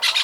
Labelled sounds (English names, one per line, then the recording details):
Brown-throated Parakeet contact call
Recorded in Venezuela
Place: Guárico; Corozopando; Fundo La Fe
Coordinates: 8.506, -67.593